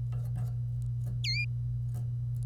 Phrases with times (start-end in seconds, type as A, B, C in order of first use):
1.24-1.44 A